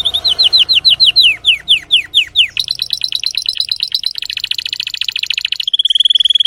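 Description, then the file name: Canary (Spanish Timbrado): canary song opening with a series of sweeping, descending slurred notes, then breaking into quick buzzy trills that grow faster, ending on a steady, very rapid high trill. Spanish Timbrado breed of domestic canary, called canário belga in the Portuguese title; singing. "canto do canario belga timbrado espanhol"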